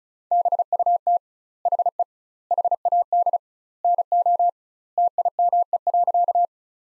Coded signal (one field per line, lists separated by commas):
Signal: Morse code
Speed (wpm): 34 wpm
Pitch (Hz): 700 Hz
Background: none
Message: BUT HE HAD NO TIME.